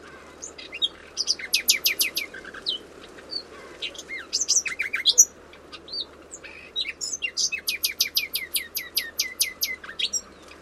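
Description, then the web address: Bird calls: repeated fast series of sharp, descending high notes alternating with scattered chirps, several runs over a low steady hiss. "Bird Only"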